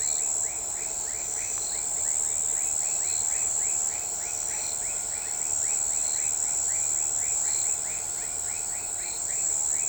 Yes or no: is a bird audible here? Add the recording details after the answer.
no. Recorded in shrubland near Pivijay, Magdalena, Colombia, on 13 April 2023 at 04:00. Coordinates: 10.453, -74.365. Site P5-G022